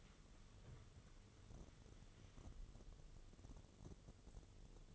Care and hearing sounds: daily activity, microphone in the room; wipe stove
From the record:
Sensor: 4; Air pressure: 1016.0 hPa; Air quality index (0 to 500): 144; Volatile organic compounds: 4 ppm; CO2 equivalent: 1632 ppm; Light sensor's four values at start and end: 8/18/7/7 and 9/19/7/7

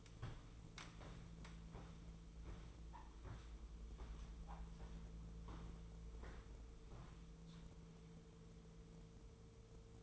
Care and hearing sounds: daily activity, microphone in the room; walk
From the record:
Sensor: 1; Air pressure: 1005.5 hPa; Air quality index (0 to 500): 123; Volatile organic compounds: 5 ppm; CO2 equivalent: 1724 ppm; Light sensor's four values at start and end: 11/27/11/12 and 11/27/11/12

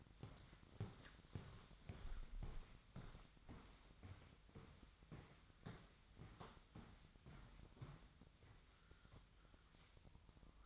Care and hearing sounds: daily activity, microphone in the room; walk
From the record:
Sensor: 3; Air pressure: 1001.5 hPa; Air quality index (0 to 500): 226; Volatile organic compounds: 32 ppm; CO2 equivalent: 2998 ppm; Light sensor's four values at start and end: 12/36/15/13 and 11/35/15/13

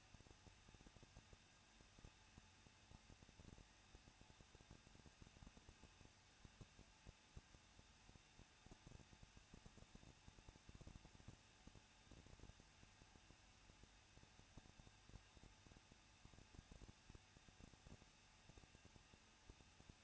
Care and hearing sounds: daily activity, microphone in the room; no activity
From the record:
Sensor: 2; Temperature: 21.0 degrees Celsius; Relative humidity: 37.4%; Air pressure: 1006.2 hPa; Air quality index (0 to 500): 222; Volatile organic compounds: 24 ppm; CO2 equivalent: 2811 ppm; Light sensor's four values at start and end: 2/3/2/2 and 2/3/2/2

